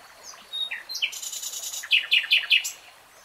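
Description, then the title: Nightingale song with soft high whistles, then four loud, emphatic repeated notes in quick succession. Singing; real-time recording. "Tiếng chim hót Nightingale Singing"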